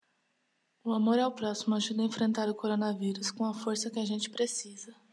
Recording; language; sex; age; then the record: spoken sentence; Brazilian Portuguese; female; 20 to 29 years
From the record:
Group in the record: control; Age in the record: 28 years